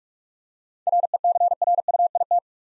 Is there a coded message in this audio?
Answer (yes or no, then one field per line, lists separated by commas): yes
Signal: Morse code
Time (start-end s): 0.9-2.4 s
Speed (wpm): 46 wpm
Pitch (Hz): 700 Hz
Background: none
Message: RECRUIT